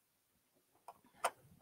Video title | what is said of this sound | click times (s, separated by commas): Fleece & Minky Fabrics | And that pops into place like that. | 1.2 s